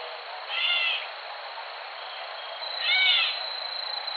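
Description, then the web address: Gray catbird giving two harsh, cat-like mewing calls, each about half a second long and a little over two seconds apart, over a steady high hiss. Recorded January 4, 2007. "Gray Catbird 2007 01 04"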